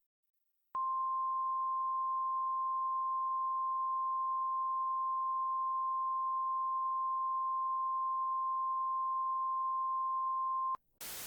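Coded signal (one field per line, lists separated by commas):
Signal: Emergency Alert System (SAME) tones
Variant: 1050 Hz attention tone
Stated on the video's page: Fictional blizzard scenario, simulated alert, remastered edit.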